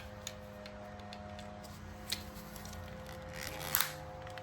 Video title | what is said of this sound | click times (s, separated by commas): Honda Vamos Fuel Pump Replacement | and in like that. Just until it clicks. | 3.8 s